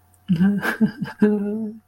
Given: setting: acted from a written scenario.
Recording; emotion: vocal sound without words; sadness